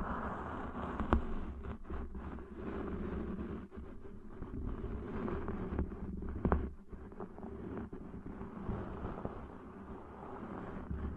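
Deep ear cleaning sounds: a dense, continuous rubbing and scratching with a heavy low rumble underneath. The texture shifts constantly, with brief dips in the scraping and sharp clicks or pops near one second and again around six and a half seconds.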